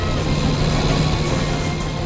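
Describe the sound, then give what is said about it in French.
A car engine roars at the car's top speed in a steady, sustained drone with a low, humming pitch, pushed hard and never easing off, with no voices over it. “La voiture donne son maximum.”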